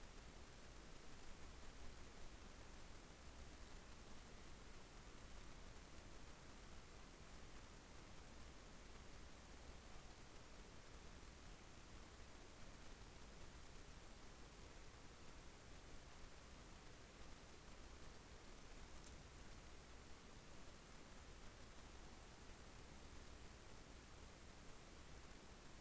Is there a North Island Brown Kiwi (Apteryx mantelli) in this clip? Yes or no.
no